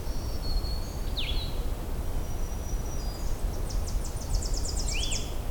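Tennessee warbler giving a fast burst of sharp repeated notes near the end, after thin high whistles and a down-slurred note, with a rising-falling slurred note overlapping it and constant low background noise.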